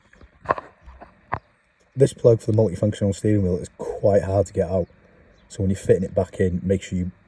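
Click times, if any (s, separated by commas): 1.3 s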